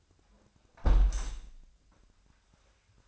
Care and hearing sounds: daily activity, microphone in the room; close window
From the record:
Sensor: 2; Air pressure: 1006.3 hPa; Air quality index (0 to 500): 189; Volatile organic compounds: 11 ppm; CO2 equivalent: 2298 ppm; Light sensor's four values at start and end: 8/20/8/9 and 8/20/8/8

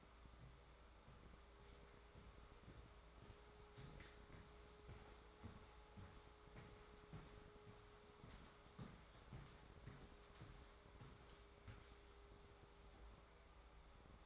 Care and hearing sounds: daily activity, microphone in the room; walk to room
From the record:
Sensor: 3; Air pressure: 1010.4 hPa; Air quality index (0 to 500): 166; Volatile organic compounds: 9 ppm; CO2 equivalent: 2169 ppm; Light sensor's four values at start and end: 50/124/55/62 and 49/121/54/61

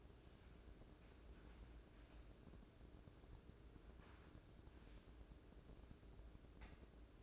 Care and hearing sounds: daily activity, microphone in the room; wipe stove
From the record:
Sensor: 2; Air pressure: 1012.2 hPa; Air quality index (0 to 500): 156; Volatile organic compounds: 2 ppm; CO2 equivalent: 1143 ppm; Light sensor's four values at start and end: 442/1143/433/460 and 443/1140/433/459

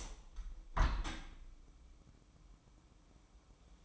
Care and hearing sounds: daily activity, microphone in the room; open window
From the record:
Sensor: 1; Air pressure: 1014.9 hPa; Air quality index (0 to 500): 53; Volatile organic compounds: 1 ppm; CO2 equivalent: 708 ppm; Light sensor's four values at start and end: 10/25/10/11 and 11/26/10/11

